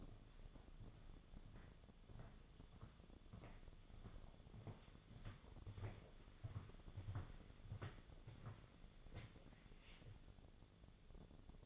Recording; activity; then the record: daily activity, microphone in the room; walk to room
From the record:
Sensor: 4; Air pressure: 1000.8 hPa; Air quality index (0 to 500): 120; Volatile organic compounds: 1 ppm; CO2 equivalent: 908 ppm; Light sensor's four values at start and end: 59/147/62/68 and 58/143/60/66